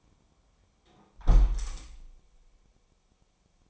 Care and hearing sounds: daily activity, microphone in the room; close window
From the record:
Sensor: 1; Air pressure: 1000.4 hPa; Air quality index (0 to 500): 182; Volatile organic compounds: 4 ppm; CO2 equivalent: 1677 ppm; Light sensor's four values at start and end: 11/26/11/12 and 10/25/10/12

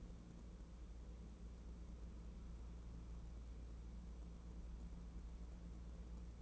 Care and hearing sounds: daily activity, microphone in the room; wipe stove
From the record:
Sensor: 1

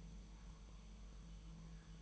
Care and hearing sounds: daily activity, microphone in the room; make coffee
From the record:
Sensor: 1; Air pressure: 1002.0 hPa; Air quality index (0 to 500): 242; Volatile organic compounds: 47 ppm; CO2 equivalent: 3256 ppm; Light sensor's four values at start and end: 8/28/10/11 and 8/28/10/11

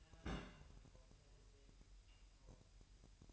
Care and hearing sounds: daily activity, microphone in the room; place on stove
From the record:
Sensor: 2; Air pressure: 1001.8 hPa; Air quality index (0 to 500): 243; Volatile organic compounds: 33 ppm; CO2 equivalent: 3014 ppm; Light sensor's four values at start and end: 5/11/4/5 and 5/11/4/5

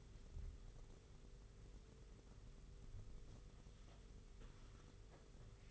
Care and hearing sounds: daily activity, microphone in the room; wipe stove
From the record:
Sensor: 4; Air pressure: 991.3 hPa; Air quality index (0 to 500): 163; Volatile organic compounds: 158 ppm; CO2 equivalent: 4056 ppm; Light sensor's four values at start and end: 25/80/30/31 and 25/80/30/31

